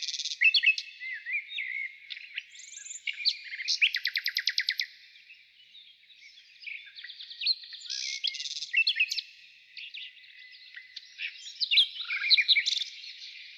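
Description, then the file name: Nightingale song: assorted chirps, then a loud fast series of repeated notes near four seconds, followed by softer warbled phrases and buzzy notes. Heard in the morning. "Utro i solovey"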